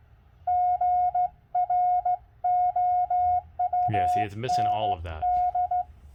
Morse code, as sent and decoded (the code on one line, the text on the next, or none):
--. .-. --- ..- -. -..
GROUND